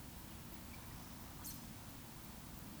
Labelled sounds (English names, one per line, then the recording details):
Eurasian Woodcock whistle
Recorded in Baden-Württemberg, Germany, on 19 June 2020 at 19:50 UTC
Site 44397, 226 m above sea level